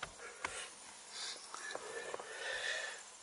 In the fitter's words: then you can put this right back on and it'll snap in as you hear